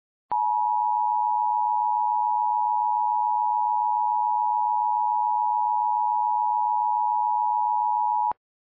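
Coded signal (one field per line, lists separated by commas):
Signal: Emergency Alert System (SAME) tones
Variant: 853 and 960 Hz attention tone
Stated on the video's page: Fictional EAS scenario, simulated alert about heavy rain during cold winter temperatures.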